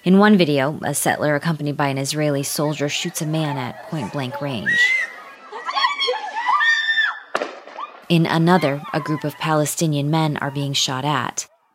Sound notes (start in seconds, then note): 4.8 shrieking; 4.8 non-English language spoken; 7.3 soundbite of gunshot